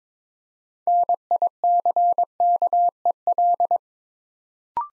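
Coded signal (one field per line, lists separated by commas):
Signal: Morse code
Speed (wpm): 22 wpm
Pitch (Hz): 700 Hz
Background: none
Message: NICKEL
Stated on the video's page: Build-a-word practice drill at 22 wpm, copying 6-letter words three letters at a time to build instant character recognition.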